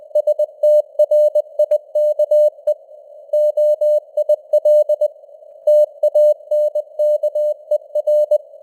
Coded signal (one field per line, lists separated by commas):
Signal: Morse code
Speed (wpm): 20 wpm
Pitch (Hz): 600 Hz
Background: none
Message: STRIKE OIL TANKER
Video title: Morse Code News | 2025-11-04 | 20wpm